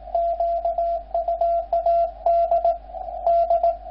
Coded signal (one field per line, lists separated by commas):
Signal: Morse code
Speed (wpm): 20 wpm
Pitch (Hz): 680 Hz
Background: radio noise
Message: QUAD D